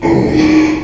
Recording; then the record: squeal of a Yucatan mini pig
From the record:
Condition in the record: after surgery on the right vocal fold (resection and tissue-engineered implant); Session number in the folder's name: 2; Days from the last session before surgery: 13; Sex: male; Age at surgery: 12 weeks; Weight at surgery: 13 kg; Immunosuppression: cyclosporine, prednisolone